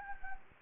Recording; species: mosquito wingbeat signal from an infrared sensor; Anopheles gambiae